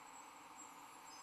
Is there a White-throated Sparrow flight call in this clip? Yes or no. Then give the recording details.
no. No flight call is heard. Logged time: 09:07 on 21 December 2014